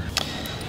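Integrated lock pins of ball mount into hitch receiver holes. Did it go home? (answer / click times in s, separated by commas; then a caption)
yes / 0.2 s. A key is given a half turn in the integrated lock of a Fastway Flash locking ball mount, extending the lock pins into the hitch receiver's pin holes. One sharp tick sounds at 0.2 s over a steady low background. The ball mount's pins are locked into place in the receiver.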